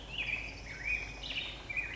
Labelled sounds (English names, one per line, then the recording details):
Black-headed Grosbeak
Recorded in Sonoma County, California